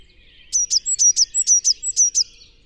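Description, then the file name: Eurasian blue tit uttering one quick run of many piercing high notes, even and rhythmic, in otherwise quiet surroundings. "Cyanistes caeruleus"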